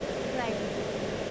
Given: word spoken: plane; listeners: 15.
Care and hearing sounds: one English word in noise, from a listening test; speech-shaped noise; -6.5 dB; 4 of 15; 7 of 15; 0.91 s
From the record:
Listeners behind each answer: 7, 4, 1, 1, 1, 1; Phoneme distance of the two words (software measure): 7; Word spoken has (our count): 1 syllable, 4 phonemes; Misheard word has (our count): 1 syllable, 3 phonemes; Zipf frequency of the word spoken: 4.58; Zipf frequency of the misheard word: 5.69

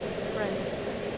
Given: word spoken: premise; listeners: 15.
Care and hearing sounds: one English word in noise, from a listening test; speech-shaped noise; -4.8 dB; 0 of 15; 11 of 15; 0.78 s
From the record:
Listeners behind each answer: 11, 1, 1, 1, 1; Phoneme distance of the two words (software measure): 40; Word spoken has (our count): 2 syllables, 6 phonemes, stress on syllable 1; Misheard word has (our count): 1 syllable, 6 phonemes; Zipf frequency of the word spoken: 3.30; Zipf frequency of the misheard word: 5.33

